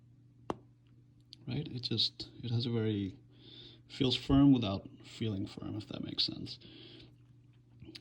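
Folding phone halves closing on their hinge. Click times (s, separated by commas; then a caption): 0.5 s. The two halves of a first-generation Microsoft Surface Duo dual-screen folding phone are closed on their hinge and meet with a sharp click at 0.5 s, and the hinge shuts firmly. Afterward someone talks.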